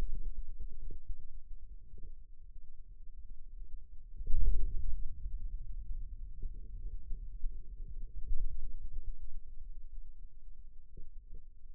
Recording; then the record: forearm muscle sounds (acoustic myography)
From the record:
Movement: radial deviation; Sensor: system 2, bracelet of six BSWA MPA416 microphones around the upper forearm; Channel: 2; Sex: male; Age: 22 years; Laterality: right